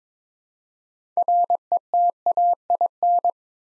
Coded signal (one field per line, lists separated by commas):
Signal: Morse code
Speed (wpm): 22 wpm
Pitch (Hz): 700 Hz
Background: none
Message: RETAIN